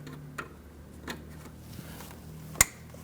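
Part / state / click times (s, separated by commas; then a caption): wiring harness connector into side marker light socket / seated / 2.6 s. After the front bumper cover is installed on a 2010-2019 Ford Taurus, the plastic wiring harness electrical connector is pushed onto the side marker light socket. Soft ticks at about 0.4 and 1.1 seconds come over a low steady hum, then a sharp, bright click at 2.6 seconds. The connector is seated.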